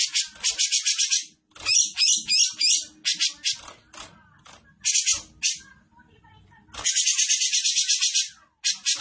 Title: Cucak Jenggot Besetan Gacor. Cucak Jenggot Besetan Terbaik Dengan Suara Jernih